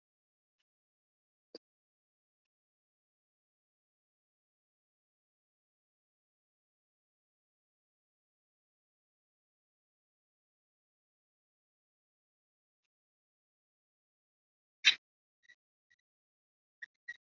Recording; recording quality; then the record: deep breathing; poor, much background noise or distortion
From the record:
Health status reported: COVID-19 positive, moderate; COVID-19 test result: positive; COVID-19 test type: RT-PCR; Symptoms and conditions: breathing difficulty, fatigue, hypertension, diabetes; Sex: male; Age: 42 years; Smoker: yes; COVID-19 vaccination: both doses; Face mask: worn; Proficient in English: no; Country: India